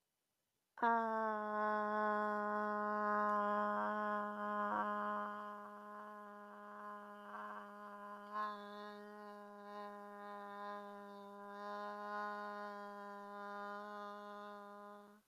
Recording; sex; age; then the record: vowel held as long as possible; female; 30 to 39 years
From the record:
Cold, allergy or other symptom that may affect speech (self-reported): no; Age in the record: 39 years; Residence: Texas, United States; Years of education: 16